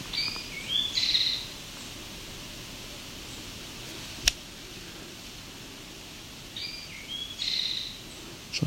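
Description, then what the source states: Eastern Towhee song: two short, sweet phrases about six seconds apart, each a couple of clear notes ending in a brief trill, over steady hiss and a couple of sharp clicks. Singing a variant song like a different accent; possibly from a Northern Ontario population with a sweeter song, or unique to the peninsula or to this bird.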